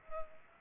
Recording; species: mosquito wingbeat signal from an infrared sensor; Culex pipiens